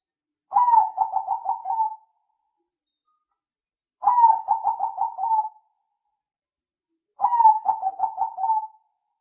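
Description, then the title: Spotted dove cooing: three phrases of rapid pulsed coos, each opening with a higher note, then settling into a steady throbbing series, spaced about three seconds apart. Spotted dove (tekukur) calls used as a lure to attract the birds. "Pikat Burung Tekukur"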